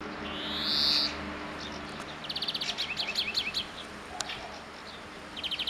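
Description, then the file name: European greenfinch with a loud rising buzzy wheeze early on, followed by rapid twittering trills of high repeated notes and a brief final burst over low background noise. "Chloris chloris"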